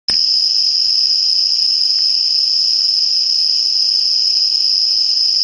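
Tree cricket song, a steady unbroken high-pitched trill that holds one pitch throughout, with a faint higher overtone and a soft low background hiss.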